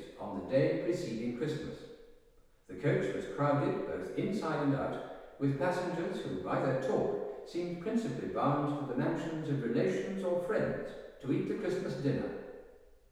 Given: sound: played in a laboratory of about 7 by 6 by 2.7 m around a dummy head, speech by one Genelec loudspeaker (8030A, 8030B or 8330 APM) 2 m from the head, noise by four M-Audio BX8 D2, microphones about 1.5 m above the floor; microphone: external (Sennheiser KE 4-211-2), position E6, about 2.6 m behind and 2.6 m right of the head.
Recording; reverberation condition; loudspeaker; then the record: male speech in English; high; 60 degrees to the left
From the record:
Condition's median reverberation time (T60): about 1300 ms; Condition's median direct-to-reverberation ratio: about -4.0 dB